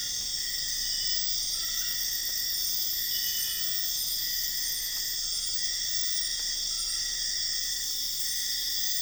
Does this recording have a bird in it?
no